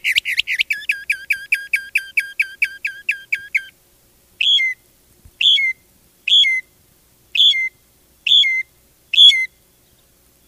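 Mockingbird song: a fast run of many identical whistled notes, then a pause and a slower repeated downslurred whistled phrase about once a second.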